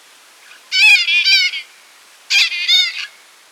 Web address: Natures Songs S America Birds of Ecuador White-Capped Parrot